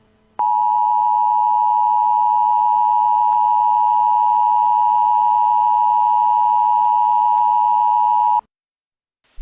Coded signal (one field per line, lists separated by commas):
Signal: Emergency Alert System (SAME) tones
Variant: 853 and 960 Hz attention tone